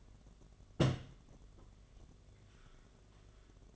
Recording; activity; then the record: daily activity, microphone in the room; place on stove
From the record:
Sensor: 4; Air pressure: 1011.1 hPa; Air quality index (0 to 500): 144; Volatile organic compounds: 3 ppm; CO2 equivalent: 1472 ppm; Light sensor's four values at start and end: 174/454/192/200 and 183/478/202/210